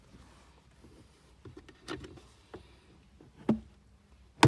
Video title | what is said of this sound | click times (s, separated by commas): TOYOTA COROLLA Cabin air filter install 2010-2019 | then push your cover till it clicks closed | 4.4 s